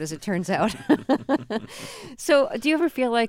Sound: soundbite of laughter

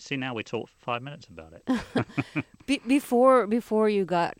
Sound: soundbite of laughter

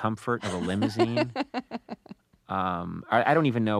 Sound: laughter

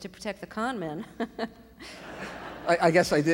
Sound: laughter

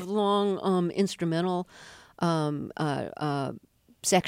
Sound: none

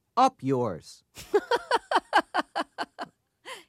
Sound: laughs

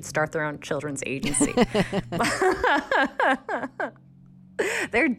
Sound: laughter

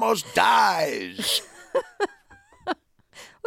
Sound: soundbite of laughter

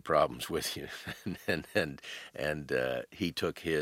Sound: laughter

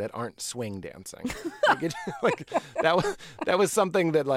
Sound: laughter

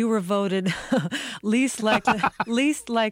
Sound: laughter

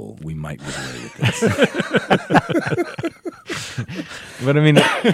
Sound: laughter

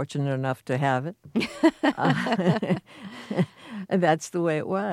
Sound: soundbite of laughter

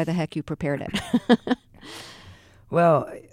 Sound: soundbite of laughter

